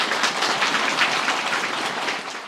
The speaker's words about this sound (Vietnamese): À đúng rồi, các bạn giỏi quá, cho Tràng pháo tay.